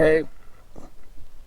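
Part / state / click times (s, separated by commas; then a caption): band clamp on drive axle boot / not seated / none. Someone talks briefly at the start while squeezing a metal band clamp with pliers on the rubber drive axle boot of a Yamaha Grizzly 700 ATV. After that only faint handling noises follow. The clamp has not snapped closed yet; nothing has seated or clicked.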